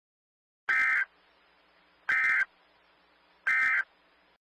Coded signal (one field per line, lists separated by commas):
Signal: Emergency Alert System (SAME) tones